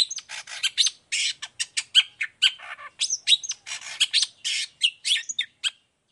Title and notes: Cendet Gacor Dor Di Kala Pagi Toet Toet Variasi Suara. Cendet Gacor Suara Jernih Full Variasi Sangat Mudah Di Tiru Cendet Jenis Apapun. Burung cendet